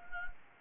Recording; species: mosquito wingbeat signal from an infrared sensor; Anopheles gambiae